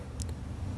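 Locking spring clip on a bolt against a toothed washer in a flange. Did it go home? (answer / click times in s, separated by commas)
yes / 0.2 s, 0.3 s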